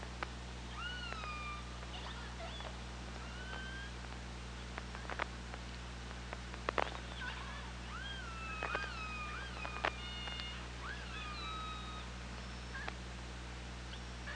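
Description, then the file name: Killer whale calls: several whistled, rising and falling tonal calls, some upswept and some with a hooked ending, mixed with sharp clicks over a steady low hum. Underwater hydrophone at OrcaLab, 24 August 2017, about 15:53. "Orca Lab UTLN JASON 20170824 155333"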